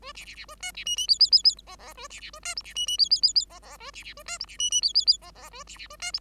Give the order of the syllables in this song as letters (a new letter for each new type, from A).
A B B B A C B D D E E E E F F A B B A C G B D D E E E E F F A B B A C G B D D E E E F F A B B A C G